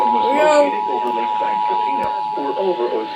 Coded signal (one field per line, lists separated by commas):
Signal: Emergency Alert System (SAME) tones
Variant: 853 and 960 Hz attention tone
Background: speech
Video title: Do I need to explain what it is, EAS#20